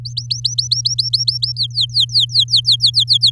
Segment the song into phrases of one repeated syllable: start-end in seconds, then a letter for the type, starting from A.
0.05-1.52 A, 1.56-3.30 B